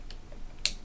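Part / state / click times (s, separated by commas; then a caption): plastic shoulder armor onto action figure shoulder / seated / 0.7 s. A plastic shoulder armor piece from the TFX-01 "City Commander" upgrade set is pressed onto an action figure's shoulder. A faint tick sounds at 0.1 s, then a sharp little snap at 0.7 s as the armor locks on and seats.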